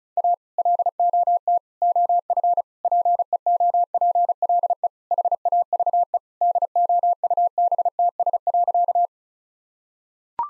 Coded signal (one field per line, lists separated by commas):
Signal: Morse code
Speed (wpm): 34 wpm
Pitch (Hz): 700 Hz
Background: none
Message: A LOT OF PEOPLE HAVE DOUBTS.